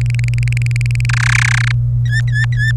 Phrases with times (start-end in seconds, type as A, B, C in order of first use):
0.01-1.05 A, 1.09-1.72 B, 2.06-2.72 C